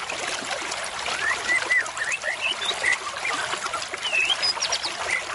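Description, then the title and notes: White-rumped shama song: scattered short whistles, some rising and some slurred, spaced unevenly against a constant watery hiss. Murai batu used as a lure (pikat) call, described as an effective lure with a strong voice. "MB Pikat Jitu.. Suara Mantap. murai batu"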